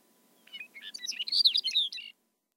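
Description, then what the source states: Lapland Longspur singing one fast, tumbling phrase of bright warbled and slurred notes that builds in loudness and ends abruptly. Eastern-Central region.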